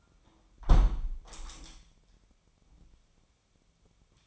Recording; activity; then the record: daily activity, microphone in the room; close window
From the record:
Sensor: 1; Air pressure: 998.0 hPa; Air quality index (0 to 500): 119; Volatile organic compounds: 3 ppm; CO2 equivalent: 1413 ppm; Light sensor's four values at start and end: 17/57/23/23 and 17/58/23/24